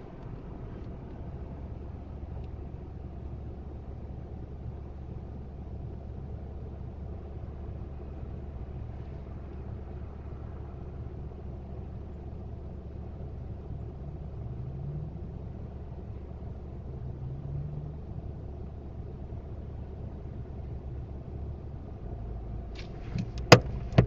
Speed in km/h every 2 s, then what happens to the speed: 0, 0, 0, 0, 0, 0, 0, 0, 0, 0, 0, 0.
0-24 standing.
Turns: none.